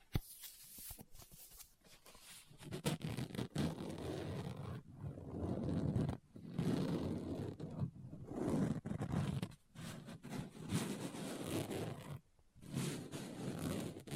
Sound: Book Tapping, Scratching, Page Turning